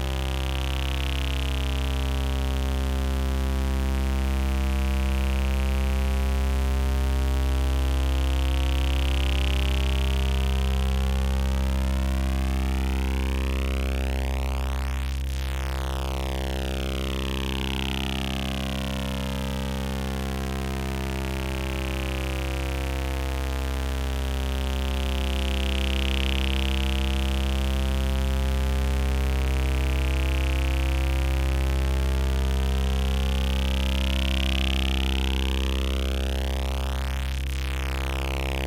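Steady layered tones hold for the whole stretch, a strong low drone under a dense stack of evenly spaced pitches. Slow beating ripples through them, and a brighter upper shimmer swells and fades about every eight seconds while the loudness stays constant.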